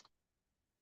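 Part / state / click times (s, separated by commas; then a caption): side door latch on action camera body / not seated / none. The hinged plastic side door over the USB-C and SD card slot on a GoPro Hero11 Black Mini action camera body is handled as it is closed. A short, sharp broadband tick sounds near 0.05 s, followed by near silence. The door has not latched or seated yet.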